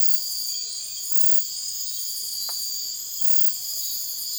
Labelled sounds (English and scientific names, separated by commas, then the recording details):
none
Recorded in dense forest near Puerto Asís, Putumayo, Colombia, on 19 February 2024 at 02:00
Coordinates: 0.502, -76.326
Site G6460